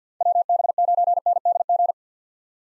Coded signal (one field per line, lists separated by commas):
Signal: Morse code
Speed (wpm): 50 wpm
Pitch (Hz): 700 Hz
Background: none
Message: WB9NDG